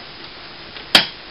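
CISS ink supply tubing is pushed into a plastic tube clip inside an MP460 printer. A single sharp snap is heard at 0.95 s against a quiet background, and the tube is seated in the clip.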